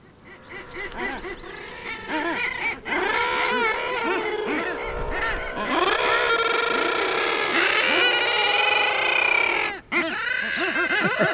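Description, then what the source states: Common guillemots in a loud chorus of harsh, growling calls from many birds overlapping, swelling and breaking off, then resuming. Breeding colony on Stora Karlsö, Sweden's only bird cliff; when a bird arrives with a fish the partner calls first, then others join, like a cheering section.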